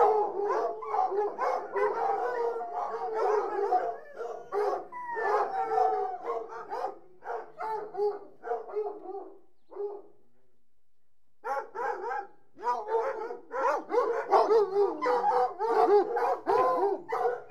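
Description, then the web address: Hunting hounds in a pack chorus of whines and yelps, rapid and overlapping, dropping briefly to near silence around ten seconds before resuming loudly. A pack of about sixty hunting hounds whining. "BBC Sound Effects Library. Hunting Hounds"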